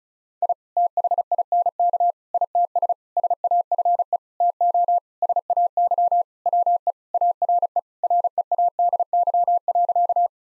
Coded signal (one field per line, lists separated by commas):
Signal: Morse code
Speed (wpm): 36 wpm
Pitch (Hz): 700 Hz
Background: none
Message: I THINK ITS SAFE TO SAY WE ARE READY.